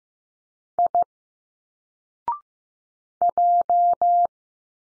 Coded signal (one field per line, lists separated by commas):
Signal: Morse code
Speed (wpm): 15 wpm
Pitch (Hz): 700 Hz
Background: none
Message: I J